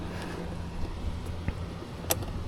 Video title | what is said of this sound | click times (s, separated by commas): HOW TO 100 HOUR SERVICE MERCURY VERADO OUTBOARD | Yep, snap. I told you it's a lot easier going on, right? | 2.1 s